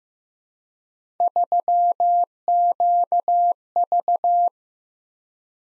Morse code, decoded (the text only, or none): 3QV